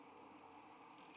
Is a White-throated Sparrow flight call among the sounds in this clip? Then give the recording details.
no. No flight call is heard. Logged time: 04:33 on 5 December 2014